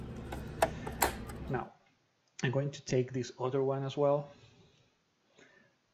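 A RAM stick is pressed into a desktop motherboard's DIMM memory slot, and two sharp snaps of the slot clips ring out at 0.6 and 1.0 seconds over a steady background hiss as the module seats. Afterward someone talks.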